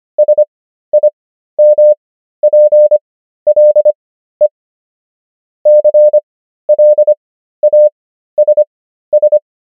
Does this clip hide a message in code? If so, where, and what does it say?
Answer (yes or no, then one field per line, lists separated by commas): yes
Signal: Morse code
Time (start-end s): 0.2-9.4 s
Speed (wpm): 25 wpm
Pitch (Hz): 600 Hz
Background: none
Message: SIMPLE CLASS